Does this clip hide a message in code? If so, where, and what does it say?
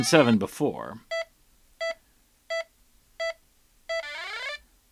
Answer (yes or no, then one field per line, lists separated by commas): no